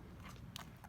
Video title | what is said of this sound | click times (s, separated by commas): How to Install a Cabin Filter on a Jeep Wrangler JL & Gladiator JT | I wanted to kind of show you this close up so you see my action is going to be press in, snap. | 0.6 s